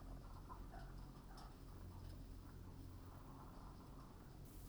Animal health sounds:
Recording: poultry house recording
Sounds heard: healthy chickens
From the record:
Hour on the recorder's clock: 21

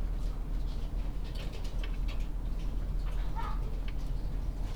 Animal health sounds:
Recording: poultry house recording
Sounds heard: sick chickens (respiratory disease)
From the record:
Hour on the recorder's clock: 20

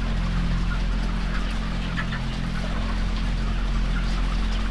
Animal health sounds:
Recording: poultry house recording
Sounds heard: healthy chickens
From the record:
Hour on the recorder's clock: 15

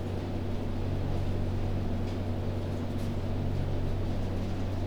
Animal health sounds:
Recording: poultry house recording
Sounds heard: no chicken sound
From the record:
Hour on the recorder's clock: 2

